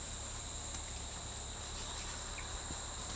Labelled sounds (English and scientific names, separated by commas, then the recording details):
none
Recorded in forest near Pivijay, Magdalena, Colombia, on 15 April 2023 at 16:00
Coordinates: 10.467, -74.380
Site Z5-G034